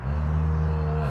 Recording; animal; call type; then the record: contact call of a hoofed animal; cattle; low-frequency (closed-mouth) or high-frequency (open-mouth) call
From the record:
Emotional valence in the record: negative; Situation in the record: full separation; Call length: 1.11 s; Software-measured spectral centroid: 1110 Hz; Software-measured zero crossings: 500 a second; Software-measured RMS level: -24 dBFS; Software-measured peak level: -15 dBFS